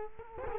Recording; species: mosquito wingbeat signal from an infrared sensor; Culex quinquefasciatus